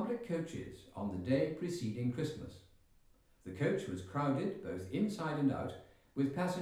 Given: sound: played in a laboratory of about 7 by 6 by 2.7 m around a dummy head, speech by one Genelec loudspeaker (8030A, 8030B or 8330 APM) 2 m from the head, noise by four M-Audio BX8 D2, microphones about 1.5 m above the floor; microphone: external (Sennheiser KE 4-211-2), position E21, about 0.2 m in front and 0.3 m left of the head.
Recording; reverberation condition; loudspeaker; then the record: male speech in English; medium; 150 degrees to the right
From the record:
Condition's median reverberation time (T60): about 510 ms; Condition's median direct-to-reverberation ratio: about -0.5 dB